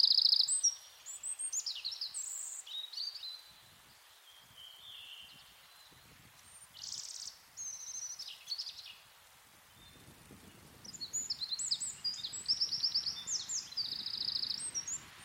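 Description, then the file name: Eurasian wren song: fast high trills and piercing notes in long bursts with short pauses, over a faint background hiss. "Troglodytes troglodytes"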